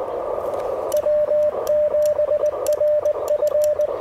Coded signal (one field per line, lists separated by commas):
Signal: Morse code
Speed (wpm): 20 wpm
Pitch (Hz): 600 Hz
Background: radio noise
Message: W7RF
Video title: Relaxing POTA Therapy: Taking the amazing Mission RGO One to the Field!